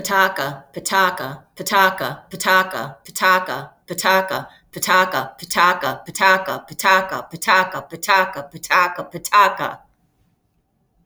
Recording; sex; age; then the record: repeated syllables /pa ta ka/; female; 50 to 59 years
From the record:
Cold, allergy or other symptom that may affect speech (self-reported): no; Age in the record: 55 years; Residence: Massachusetts, United States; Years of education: 14